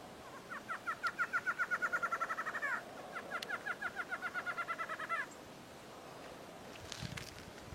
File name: Canto do choca barrada